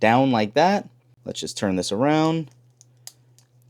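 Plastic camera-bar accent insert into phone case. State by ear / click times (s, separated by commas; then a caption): seated / 3.1 s. A colored plastic accent piece is pressed into the camera-bar opening of a phone case while someone talks. After the talking, a few faint clicks follow, and the accent piece snaps into place at 3.1 s.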